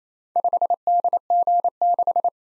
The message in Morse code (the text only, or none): 5DG6